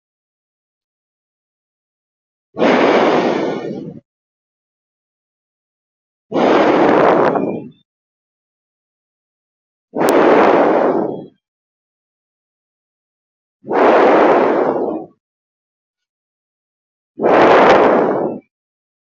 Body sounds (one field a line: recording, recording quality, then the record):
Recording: deep breathing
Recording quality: excellent, no background noise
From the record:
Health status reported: healthy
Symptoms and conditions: none ticked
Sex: male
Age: 28 years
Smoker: not ticked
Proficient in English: yes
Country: India